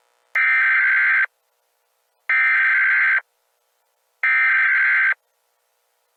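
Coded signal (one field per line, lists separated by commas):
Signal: Emergency Alert System (SAME) tones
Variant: header bursts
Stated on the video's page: Fictional alternate-history EAS scenario; simulated alert, not a real broadcast.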